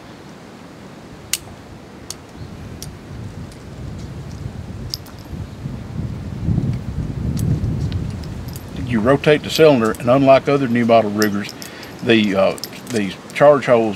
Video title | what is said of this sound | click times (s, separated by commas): Limited Edition Bearcat Shopkeeper Sixguns from Tyler Gun Works - Gunblast.com | Rotate the cylinder, and unlike other new model Rugers, these charge holes line up on the click. | 1.3 s, 2.1 s, 2.8 s, 4.9 s